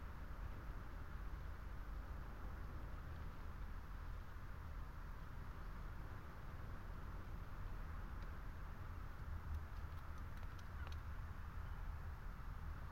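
Wind blows across telegraph wires and a lone tree as a steady, dense roar, heavy and rumbling underneath with a constant hiss above it. The level hardly shifts, and a few faint ticks and creaks surface around the ninth to eleventh seconds.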